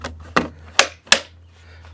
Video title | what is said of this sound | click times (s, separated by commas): Milwaukee M18 Dual Battery Handheld Blower | and push it all the way until you hear it clicking, and then it's locked into place. | 0.8 s, 1.1 s